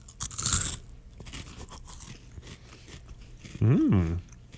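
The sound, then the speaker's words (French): A loud, crisp crunch as someone bites into a pea snack during a taste test, followed by a stretch of softer crackly chewing, then a brief rising-and-falling hummed voice near the end. “Es-tu prêt à croquer dans ton poids?”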